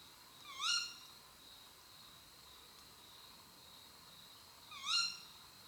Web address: natura bioacustica canti rapaci notturni canto verso femmina allocco strix aluco tawny owl waldkauz carabo comun chouette hulotte